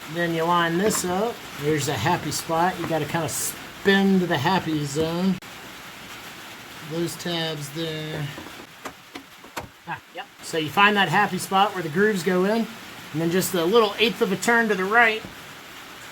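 Someone talks while turning a new foam air filter inside the airbox housing of a Can-Am Renegade ATV, searching for the spot where its locking tabs meet the grooves before giving it an eighth of a turn to the right. A few brief, sharp handling knocks are heard around 8.9, 9.2 and 9.6 seconds. The filter is only lined up to its tabs; nothing has seated or clicked yet.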